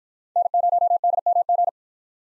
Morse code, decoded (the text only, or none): N0DMG